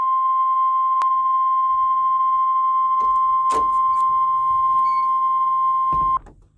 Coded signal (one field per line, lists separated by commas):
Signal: Emergency Alert System (SAME) tones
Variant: 1050 Hz attention tone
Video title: SVR on KHB36 (EAS #211)